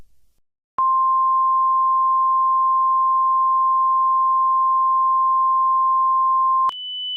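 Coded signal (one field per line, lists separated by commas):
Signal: Emergency Alert System (SAME) tones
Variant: 1050 Hz attention tone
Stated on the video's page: Fictional EAS scenario alert.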